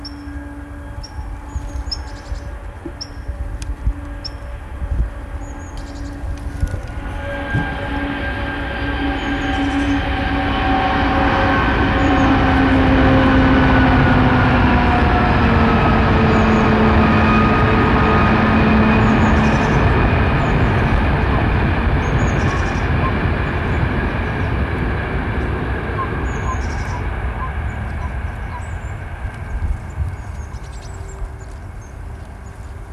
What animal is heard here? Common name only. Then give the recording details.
Common Toad. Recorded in the wild. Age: adult. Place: Malchower Aue, Berlin, DE. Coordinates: 52.5808, 13.4886. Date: 1990-03-18 11:30. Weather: Luft 22°C, Wasser 10°C. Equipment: Riporter 6 RG-K, Halbspur, Sennheiser MKH 416 T. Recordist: Frommolt, Karl-Heinz